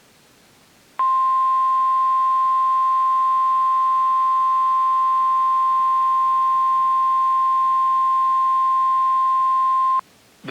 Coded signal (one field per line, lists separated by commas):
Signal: Emergency Alert System (SAME) tones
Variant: 1050 Hz attention tone